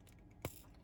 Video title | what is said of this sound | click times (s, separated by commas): MOTU Origins: Rattlor #mastersoftheuniverse #motu #mastersoftheuniverseorigins #unboxing #review | there we go not the easiest to snap into place | 0.4 s